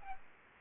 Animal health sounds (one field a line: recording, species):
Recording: mosquito wingbeat signal from an infrared sensor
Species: Aedes aegypti